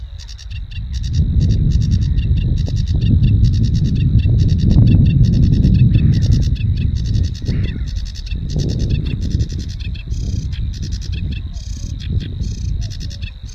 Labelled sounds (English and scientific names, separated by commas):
Sedge Warbler (Acrocephalus schoenobaenus) song